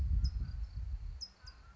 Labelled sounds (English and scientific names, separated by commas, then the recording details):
California Towhee (Melozone crissalis)
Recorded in Sonoma County, California